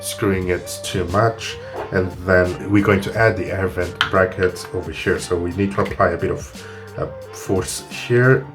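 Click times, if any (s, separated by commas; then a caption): none. Someone talks over background music while handling a plastic air vent bracket for a YP gravity expansion car phone holder, getting ready to push it onto the holder with some force. The bracket has not seated or clicked yet.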